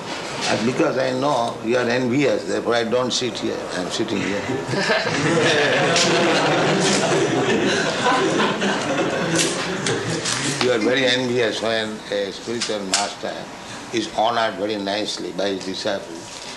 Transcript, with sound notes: That because I know you are envious, therefore I don’t sit here; I am sitting here. [laughter] You are very envious when a spiritual master is honored very nicely by his disciples.